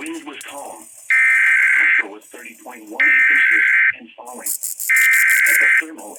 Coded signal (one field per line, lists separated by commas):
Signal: Emergency Alert System (SAME) tones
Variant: header bursts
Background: speech